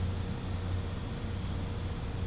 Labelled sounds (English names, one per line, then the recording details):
none
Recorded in pastures near Puerto Asís, Putumayo, Colombia, on 21 December 2024 at 21:30
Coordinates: 0.505, -76.324
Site G063